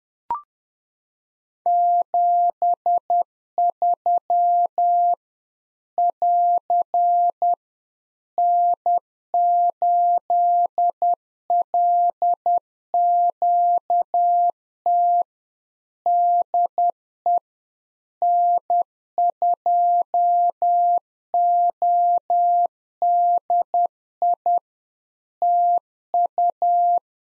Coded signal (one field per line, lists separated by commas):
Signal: Morse code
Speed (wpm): 10 wpm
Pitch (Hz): 700 Hz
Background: none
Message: 73 <AR> N8LQT DE N2ODI TU